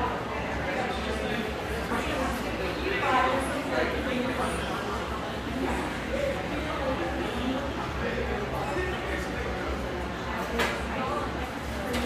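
Steady, dense chatter fills this mellow exposed-brick spot in Overlook, Portland, frequented by railyard staff, with several voices overlapping at a constant level and a low hum underneath. A sharp click or clink cuts through briefly near the ten-second mark.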